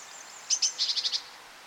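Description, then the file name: Great tit call: two sharp high notes then a quick run of about five buzzy scolding notes, high-pitched and brisk. "Parus major"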